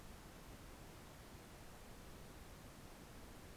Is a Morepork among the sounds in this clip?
no